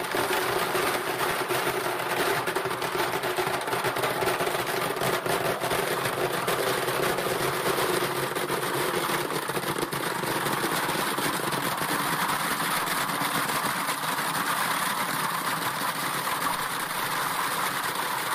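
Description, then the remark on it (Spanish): A bingo machine whirs steadily as it mixes 15 balls for a prize draw, a continuous motor-like drone with faint rattling and clicking running through it for the whole stretch, with no voices. “Así que entre estas 15 bolitas las metemos al bingo.”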